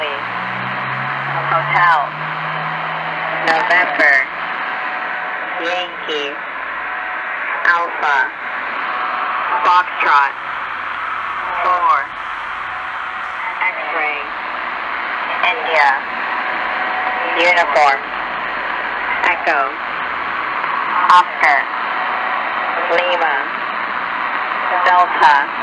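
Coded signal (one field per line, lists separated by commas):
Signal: coded military voice message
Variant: HFGCS Emergency Action Message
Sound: male voice reading phonetic alphabet letters and numbers over shortwave single-sideband static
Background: radio static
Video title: Escuta SW: U.S. Air Force HFGCS - 11175 kHz SSB - 18:35h - Degen DE1103 PLL.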